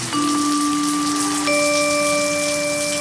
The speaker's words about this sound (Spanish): Es muy tarde, llueve tanto que no ves el final de la calle. Ha nacido un río bajo mis pies.